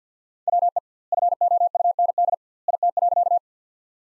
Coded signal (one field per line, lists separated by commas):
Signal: Morse code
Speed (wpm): 50 wpm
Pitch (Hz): 700 Hz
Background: none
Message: WE FOUND IT.